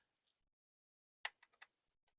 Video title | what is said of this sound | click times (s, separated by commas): Adoring Hearts Flight & Airy Card | You can hear it. It's clicked into place. | 1.2 s